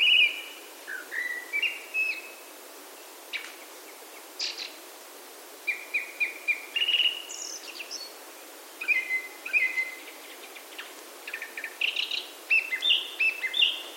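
Japanese thrush song: varied clear whistled phrases, some trilled and repeated notes, with short high chips between phrases.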